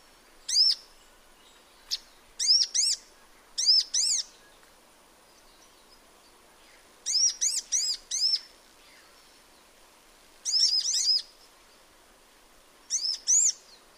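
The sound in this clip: Sunbird calls: sharp, high, arched chirps in short bursts, several over fourteen seconds with quiet pauses between.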